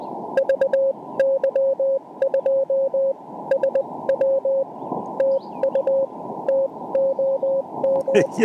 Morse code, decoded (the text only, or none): VY2SW TU TOM